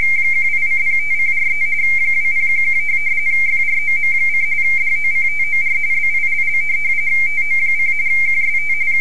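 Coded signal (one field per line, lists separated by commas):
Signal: RTTY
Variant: Baudot, 170 Hz shift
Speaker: and i will send it now and wait to see what happens the message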